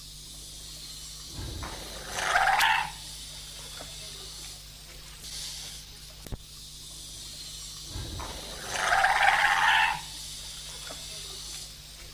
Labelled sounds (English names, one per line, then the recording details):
South American Fur Seal call
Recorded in captivity
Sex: female
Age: adult
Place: Zoo Halle, Sachsen-Anhalt, DE
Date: 2007-10-08 15:35
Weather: sunny, 14°C
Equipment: Sony WM-D6C, Sennheiser ME 80, Kopie Uher 4000 Report Monitor
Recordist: Tembrock, Günter
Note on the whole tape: Weibchen: Rufe vor und bei der Fütterung